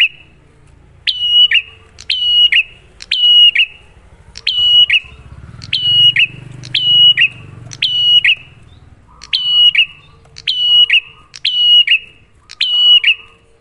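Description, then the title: Bar-winged prinia song: loud, sharp chirped phrases with a falling buzzy tail, repeated in quick succession over a faint low rumble. Prenjak lure (pancingan) recording, a duet of Cililin versus Kapas Tembak birds, singing actively (gacor) with a clear voice, to make listeners' own prenjak sing better. "Masteran Duet Cililin Vs Kapas Tembak. Pancingan Prenjak Gacor Suara Jernih. PRENJAK"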